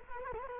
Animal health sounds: mosquito wingbeat signal from an infrared sensor; Culex quinquefasciatus

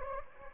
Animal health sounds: mosquito wingbeat signal from an infrared sensor; Anopheles gambiae

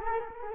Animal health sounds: mosquito wingbeat signal from an infrared sensor; Culex quinquefasciatus

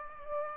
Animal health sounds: mosquito wingbeat signal from an infrared sensor; Aedes aegypti

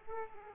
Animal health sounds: mosquito wingbeat signal from an infrared sensor; Aedes aegypti

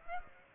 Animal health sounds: mosquito wingbeat signal from an infrared sensor; Aedes aegypti

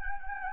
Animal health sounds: mosquito wingbeat signal from an infrared sensor; Anopheles gambiae

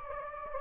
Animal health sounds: mosquito wingbeat signal from an infrared sensor; Anopheles gambiae

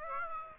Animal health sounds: mosquito wingbeat signal from an infrared sensor; Aedes aegypti

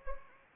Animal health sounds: mosquito wingbeat signal from an infrared sensor; Anopheles arabiensis

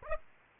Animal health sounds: mosquito wingbeat signal from an infrared sensor; Aedes aegypti

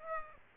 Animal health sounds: mosquito wingbeat signal from an infrared sensor; Aedes aegypti

